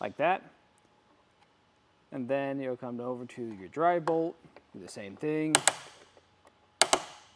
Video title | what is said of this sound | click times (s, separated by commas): etrailer - How to Set Up Your Yakima JetStream Crossbars on a 2024 Ram 1500 | It'll start to click, letting you know it's tightened all the way down. | 6.8 s